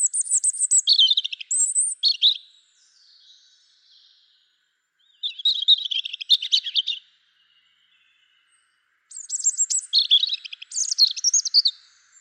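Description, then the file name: European robin song: three high, tinkling, warbled phrases with rapid trills and slides, separated by pauses of about two to three seconds. "Erithacus rubecula"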